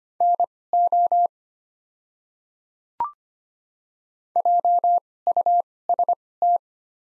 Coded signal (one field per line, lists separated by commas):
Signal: Morse code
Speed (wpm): 25 wpm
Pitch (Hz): 700 Hz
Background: none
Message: NO JUST